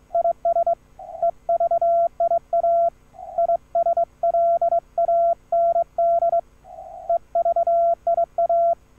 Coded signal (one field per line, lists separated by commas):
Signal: Morse code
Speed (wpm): 23 wpm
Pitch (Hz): 1360 Hz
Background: radio noise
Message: IS EVIA ISLAND EVIA